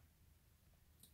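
A small metal slider part is pushed into a revolver assembly during cylinder removal and extractor repair. Over a low, steady hum, a single light, bright click sounds at 1.0 seconds as the slider seats in place.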